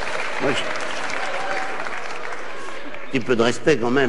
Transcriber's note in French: rires